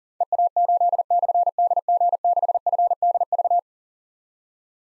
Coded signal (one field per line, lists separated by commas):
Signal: Morse code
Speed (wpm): 43 wpm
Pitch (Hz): 700 Hz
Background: none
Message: EA8/DG6FDV